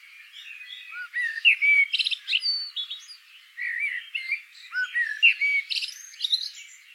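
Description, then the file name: Common blackbird singing almost continuously, mixing low fluty whistles with scratchy, squeaky high twitters in quick succession. "Turdus merula"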